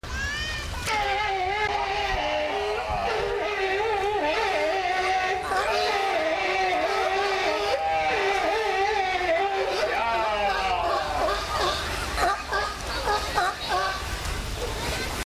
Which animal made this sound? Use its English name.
California Sea Lion